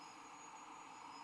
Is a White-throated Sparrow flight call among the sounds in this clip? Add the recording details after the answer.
no. No flight call is heard. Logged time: 06:38 on 15 December 2014